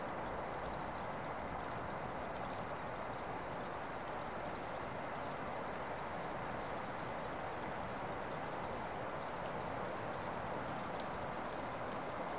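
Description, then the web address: Insects in a steady high-pitched chorus, an unbroken shrill drone with sharp ticks scattered throughout and a soft hiss below. Insects calling in the late evening in rural South America. "The BBC Sound Effects Library Rural South America Frogs And Insects, Late Evening"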